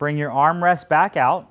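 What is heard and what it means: Someone talks while handling a Zeen folding mobility chair, getting it ready so the seat and backrest can be pushed down until their latches lock on the frame. Only speech is heard, and nothing has seated or clicked yet.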